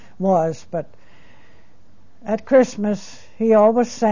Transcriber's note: none